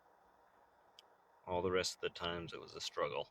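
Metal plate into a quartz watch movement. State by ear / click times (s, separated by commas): seated / 1.0 s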